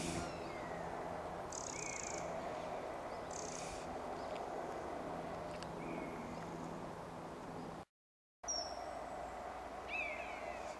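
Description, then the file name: European honey buzzard uttering plaintive falling whistles at irregular intervals, with a continuous low hum and faint hiss in the background. Juvenile female giving anxiety calls; Hexham, 31 August 2010. "honey-buzzard hexham w 31 aug 2010 cbuzz ad hb juv female anx calls"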